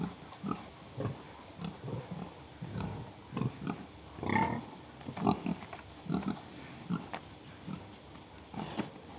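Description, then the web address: Pigs grunting: low, short grunts come irregularly, roughly once a second, some louder and rougher, against a steady background hiss. Three pigs grunting occasionally. "BBC Sound Effects Library. Three Pigs Grunting Occasionally"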